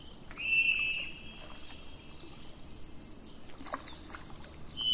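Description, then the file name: Thrush giving a sustained, level whistle lasting under a second, then another starting at the end, amid steady hiss and low rumbling noise. 27 April 2004, with truck noise in the background. "040427-thrushandtrucks"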